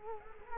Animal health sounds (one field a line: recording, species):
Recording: mosquito wingbeat signal from an infrared sensor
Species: Culex quinquefasciatus